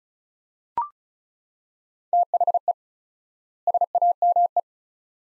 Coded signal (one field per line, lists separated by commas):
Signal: Morse code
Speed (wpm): 36 wpm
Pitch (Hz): 700 Hz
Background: none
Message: THE SAME